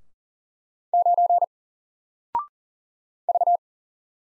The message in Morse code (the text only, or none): 9 V